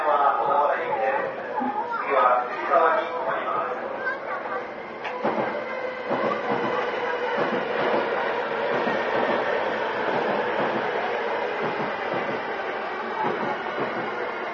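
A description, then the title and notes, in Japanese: A ride aboard a JR East E233 series train running toward Odawara. Speech-like voices or an announcement fill the first five seconds, then a steady rolling hum takes over with a sustained mid tone and faint regular clicks, likely wheels over rail joints. JRE233系 横浜ー小田原。ICレコダーで録音しています。乗車の列車は小田原行の列車です。JRE233系3000番台〜。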